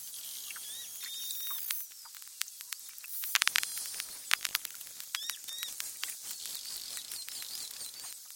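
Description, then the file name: Beluga whale clicks, rapid and irregular, with faint high wavering whistles drifting over a steady hiss. "zvuki belukhi"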